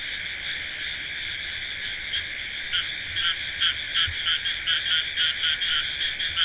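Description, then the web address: Frogs calling in a dense chorus: a steady high trill underlies louder pulsed croaks that come in irregular bursts, building toward the end. "frogs hq recording"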